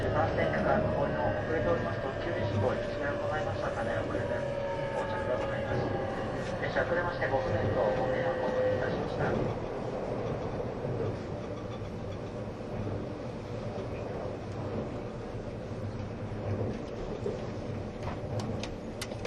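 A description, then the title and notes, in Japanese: Steady, dense running noise of a train, with a falling motor whine over the first nine seconds and a few clicks near the end. E257系 あずさ19号03 甲府～松本。音の旅(走行音)。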